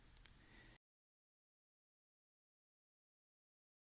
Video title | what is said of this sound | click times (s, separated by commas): Model 202, Video #04, Changing an Air Pump | when inserted correctly the wire will lock into place and will not pull out | 0.3 s